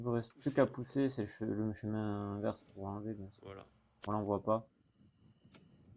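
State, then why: Seated. A windscreen wiper blade is pushed onto the hooked end of the wiper arm on a van while someone talks. At 5.6 seconds, a short, sharp click is heard as the blade's plastic adapter clips home and the blade seats on the arm.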